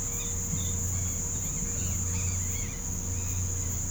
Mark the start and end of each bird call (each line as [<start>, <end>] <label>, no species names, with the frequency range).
[1.40, 2.80] bird call (1.3-5.5 kHz)